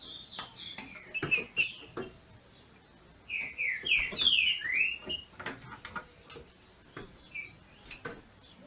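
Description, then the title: Green-winged saltator delivering a burst of clear, falling whistled notes, with a brief earlier phrase and occasional sharp clicks around it. Female singing in male style to stimulate the male. "FÊ MEA DE TRINCA FERRO MACHEANDO PARA ESQUENTAR O MACHO"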